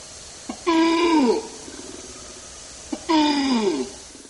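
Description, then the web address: Orangutan cries: two harmonic cries, each starting level and then sliding downward, separated by a pause, each preceded by a short click. Described as a long cry. "son dun long cri dorang outan"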